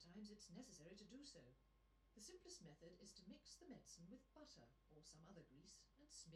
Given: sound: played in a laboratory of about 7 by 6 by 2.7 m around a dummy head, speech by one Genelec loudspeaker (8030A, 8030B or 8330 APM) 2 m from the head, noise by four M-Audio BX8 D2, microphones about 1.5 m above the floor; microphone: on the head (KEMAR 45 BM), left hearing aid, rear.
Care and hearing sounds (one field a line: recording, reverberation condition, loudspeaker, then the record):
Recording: female speech in English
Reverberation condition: low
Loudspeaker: 30 degrees to the right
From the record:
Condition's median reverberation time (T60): about 310 ms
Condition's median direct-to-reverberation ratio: about 3.5 dB